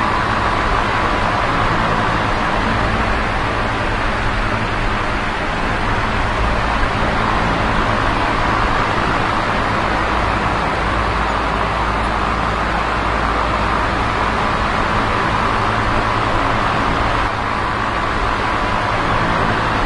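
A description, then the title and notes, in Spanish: A box fan runs steadily and close by, giving a dense, even rush of air with a low motor hum underneath. The sound barely changes over the whole stretch, apart from a slight dip in the hiss just past the seventeen-second mark. Sonido de Ventilador para Dormir. Tomamos un sonido de ventilador de caja lento. Un ventilador de caja.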